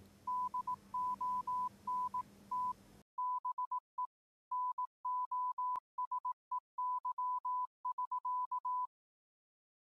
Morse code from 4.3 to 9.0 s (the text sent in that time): NOSEY<SK>